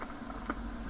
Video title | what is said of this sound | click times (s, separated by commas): INSTRUÇÃO DE TIRO PARTE 02 - LEGENDADO | you can almost hear the click of the holster | 0.5 s